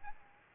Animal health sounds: mosquito wingbeat signal from an infrared sensor; Aedes albopictus

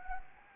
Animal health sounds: mosquito wingbeat signal from an infrared sensor; Anopheles gambiae

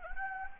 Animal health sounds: mosquito wingbeat signal from an infrared sensor; Anopheles gambiae

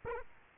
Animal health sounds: mosquito wingbeat signal from an infrared sensor; Aedes albopictus

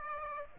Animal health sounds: mosquito wingbeat signal from an infrared sensor; Aedes aegypti

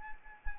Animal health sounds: mosquito wingbeat signal from an infrared sensor; Anopheles arabiensis

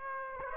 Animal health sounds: mosquito wingbeat signal from an infrared sensor; Aedes aegypti

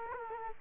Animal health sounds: mosquito wingbeat signal from an infrared sensor; Aedes aegypti

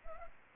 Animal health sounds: mosquito wingbeat signal from an infrared sensor; Anopheles arabiensis

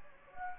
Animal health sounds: mosquito wingbeat signal from an infrared sensor; Anopheles gambiae

